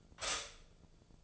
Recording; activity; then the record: daily activity, microphone in the room; stop toaster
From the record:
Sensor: 5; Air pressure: 1009.4 hPa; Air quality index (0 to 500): 169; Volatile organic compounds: 4 ppm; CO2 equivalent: 1638 ppm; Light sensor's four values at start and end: 89/236/96/101 and 89/236/96/101